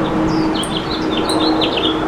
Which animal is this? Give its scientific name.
Haemorhous mexicanus